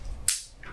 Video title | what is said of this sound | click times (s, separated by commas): Unboxing and Review: Samsung Galaxy Watch Band for Ultimate Style and Comfort | snaps into place this might be even EAS easier you for you to take on and off | 0.3 s